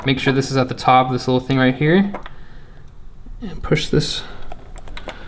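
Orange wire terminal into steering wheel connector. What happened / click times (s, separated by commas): Wire pin handled at the connector, not yet clicked home / none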